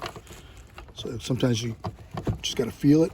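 A tail light bulb socket with its new bulb is handled against the plastic tail light housing of a 2007 Toyota Camry SE with a 2.4 engine, lined up by its tabs before being turned to lock. Small handling ticks are heard near 0.1, 0.3 and 0.8 seconds while someone talks. Nothing has seated or clicked yet.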